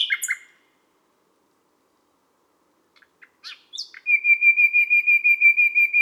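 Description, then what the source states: Common nightingale song: a few scattered clicks and short notes, then a long string of pure, evenly repeated whistled notes, steady in pitch. Sung at midnight at Les Salelles, Ardèche.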